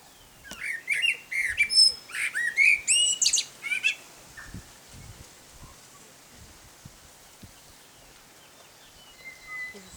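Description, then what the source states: Common blackbird song: a melodious fluted phrase with squeaky high flourishes in the first four seconds, followed by near silence and faint bird notes. Male singing.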